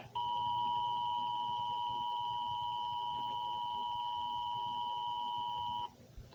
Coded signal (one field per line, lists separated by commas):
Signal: Emergency Alert System (SAME) tones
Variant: 853 and 960 Hz attention tone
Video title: "Radioactive tornado" (eas scenario)